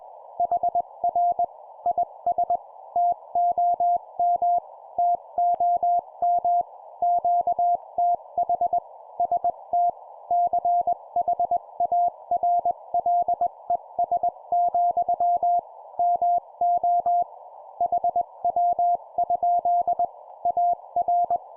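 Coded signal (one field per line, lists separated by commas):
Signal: Morse code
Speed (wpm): 21 wpm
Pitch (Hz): 700 Hz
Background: none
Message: HR IS TOM TOM QTH ST CHARLES, MO HW? AR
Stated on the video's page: Sample 20 wpm CW CQ contact, a scripted demonstration of a typical exchange.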